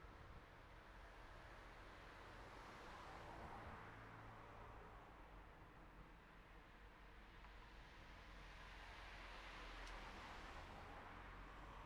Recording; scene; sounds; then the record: everyday scene through a hearing-aid microphone; in traffic; traffic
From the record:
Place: city secondary road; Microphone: behind the ear, right, rear